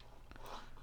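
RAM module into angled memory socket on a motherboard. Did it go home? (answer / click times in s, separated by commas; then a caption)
no / none. A RAM module is handled at its angled memory socket on a motherboard, giving soft scraping and rubbing sounds with a brief faint tap near 0.3 s. Nothing has seated or clicked into place yet.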